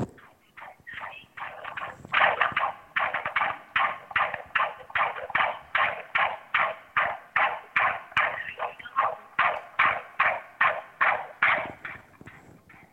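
Fetal heartbeat heard by Doppler ultrasound during a sonogram: rapid, regular whooshing beats at about 150 per minute.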